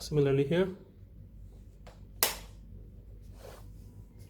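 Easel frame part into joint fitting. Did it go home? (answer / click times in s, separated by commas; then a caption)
yes / 2.2 s. Someone talks briefly, then a wooden easel frame part is pressed into its joint fitting on the second side of an IKEA MÅLA easel. A single sharp click at 2.2 s shows the joint seating, followed by faint rustling.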